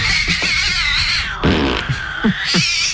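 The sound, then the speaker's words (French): A cat yowls in drawn-out, wavering high meows, broken midway by a low, sputtering fart-like burst and a few short rasping blasts, with no one talking. “Laissez-moi faire rentrer mon chat qui pète.”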